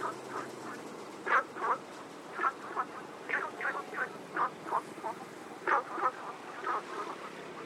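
Frog chorus of short croaks repeated several times a second in uneven bursts, some notes louder than others, over a steady background hiss.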